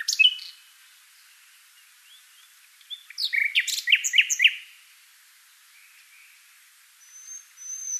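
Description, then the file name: Common nightingale song: a sharp opening note, a pause, then a burst of quick varied chirps and clicks, with a faint thin whistle near the end. "Luscinia megarhynchos"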